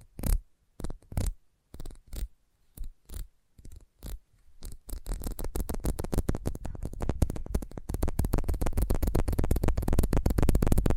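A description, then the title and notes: Sensitive tapping starts as sparse, separate taps for about five seconds, then turns into a dense, fast, louder patter that keeps building. Sensitive Tapping.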